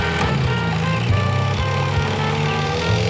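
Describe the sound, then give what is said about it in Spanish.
A motorboat engine drones steadily and loudly as the boat passes close by another boat, its low harmonic hum with a rough, throbbing pulse and no voices over it. “Van a pasar la lancha por encima.”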